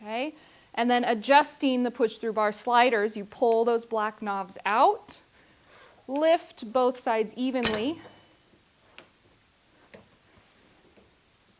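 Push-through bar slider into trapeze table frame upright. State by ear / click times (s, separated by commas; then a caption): seated / 9.0 s, 9.9 s. Someone talks while pulling out the black knobs on the push-through bar sliders of a Pilates trapeze table and lifting both sides evenly. After the talk stops, two sharp ticks are heard at 9.0 s and 9.9 s as the sliders click into place in the metal frame uprights, seating them.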